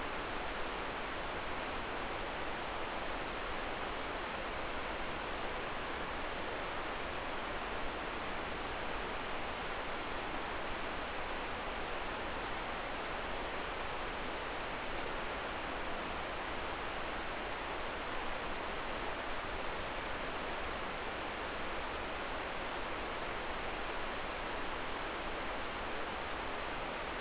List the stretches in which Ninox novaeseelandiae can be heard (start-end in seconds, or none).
none